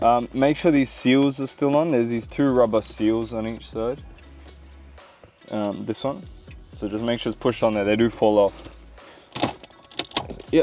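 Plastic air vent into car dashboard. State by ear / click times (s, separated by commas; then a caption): seated / 10.0 s, 10.2 s. Someone talks while a plastic LED ambient air vent, with two rubber seals on each side, is pushed back into the dashboard opening of an Audi TT. Sharp snaps are heard at 10.0 s and 10.2 s as the vent seats easily into place.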